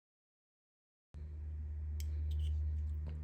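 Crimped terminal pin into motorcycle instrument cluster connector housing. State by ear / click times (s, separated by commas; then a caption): seated / 2.0 s. A crimped terminal pin is pushed into a plastic connector housing while rewiring a DKdesign KOSO DL-04 instrument cluster on a BMW R9T motorcycle. After silence, a steady low hum starts at 1.1 s, and a sharp click at 2.0 s marks the locking hook engaging, followed by a few fainter ticks. The pin is seated in the housing.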